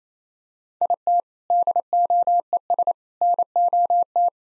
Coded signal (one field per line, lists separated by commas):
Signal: Morse code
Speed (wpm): 28 wpm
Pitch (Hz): 700 Hz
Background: none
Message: IT DOES NOT